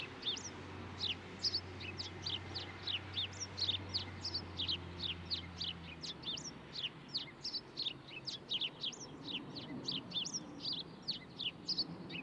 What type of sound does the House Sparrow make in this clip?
song